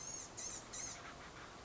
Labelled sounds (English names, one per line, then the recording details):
Blue-gray Gnatcatcher
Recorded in Sonoma County, California